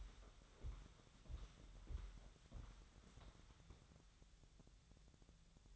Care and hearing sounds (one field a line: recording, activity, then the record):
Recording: daily activity, microphone in the room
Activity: walk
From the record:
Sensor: 3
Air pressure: 1015.3 hPa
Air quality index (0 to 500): 121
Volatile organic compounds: 5 ppm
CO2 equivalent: 1705 ppm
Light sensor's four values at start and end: 10/27/10/10 and 10/28/10/11